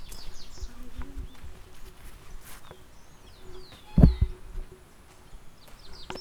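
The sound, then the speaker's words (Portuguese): Faint, high chirps and short whistled sweeps from small birds come and go over a low rumbling background, with one sudden loud thump partway through, recorded in Arroyo Blanco. “É ruído de passarinho aí!”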